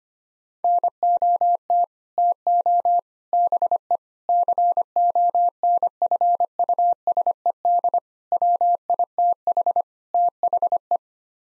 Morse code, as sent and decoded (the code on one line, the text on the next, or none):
-. --- - / - --- / -... . / -.-. --- -. ..-. ..- ... . -.. / .-- .. - .... / - .... .
NOT TO BE CONFUSED WITH THE